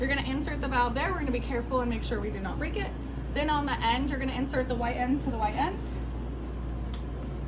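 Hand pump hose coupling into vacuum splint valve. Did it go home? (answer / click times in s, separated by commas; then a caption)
yes / 7.0 s. Someone talks while the white end of a hand pump hose is pushed onto the white valve fitting of a vacuum splint, before the air is pumped out. A short click at 7.0 s marks the coupling seating onto the splint valve.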